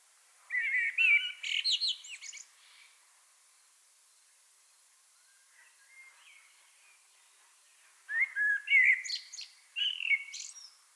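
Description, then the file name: Common blackbird sings a warbling phrase with a squeaky tail, falls silent, then repeats a similar phrase; soft bird notes sound in between. "Turdus merula"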